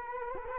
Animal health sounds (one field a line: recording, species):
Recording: mosquito wingbeat signal from an infrared sensor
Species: Culex quinquefasciatus